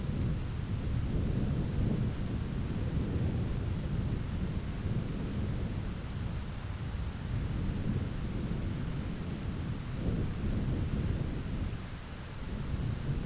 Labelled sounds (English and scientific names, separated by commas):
none